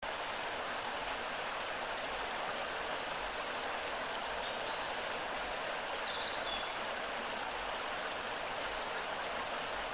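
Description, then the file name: Asian Stubtail song, a very high, thin, insect-like series of rapid ticking notes that swells in loudness, heard at the start and again near the end over steady stream rush. Zarikubo stream area near Takao, Japan, planted forest site with mountain stream. "yabusame"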